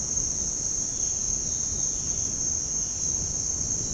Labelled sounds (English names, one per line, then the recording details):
none
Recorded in dense forest near Puerto Asís, Putumayo, Colombia, on 24 June 2025 at 07:00
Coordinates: 0.499, -76.324
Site G100